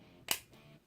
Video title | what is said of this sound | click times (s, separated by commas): Star Wars Y-Wing Scout Bomber with Kanan Jarrus (Star Wars Rebels) | so yeah snap them in like that and you can see there's little cutouts no bomb bomb and you | 0.3 s